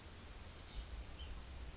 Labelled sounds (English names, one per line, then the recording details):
Chestnut-backed Chickadee
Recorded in Sonoma County, California